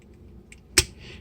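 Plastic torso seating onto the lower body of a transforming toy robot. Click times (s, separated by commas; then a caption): 0.8 s. The plastic torso of a Shinkalion Z N700S Hida transforming toy robot is dropped down onto its lower body, with a faint light tick at about 0.5 s. It snaps into place with a sharp, bright click at 0.8 s, completing the transformation, followed by a soft rustle.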